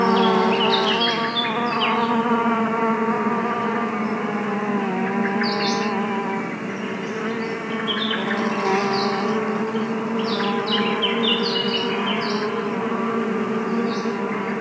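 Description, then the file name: Bees give a loud, even buzzing hum that never stops, with scattered short bird chirps above it. Bees in a forest. "bees at the forest"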